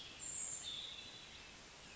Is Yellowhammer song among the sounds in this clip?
no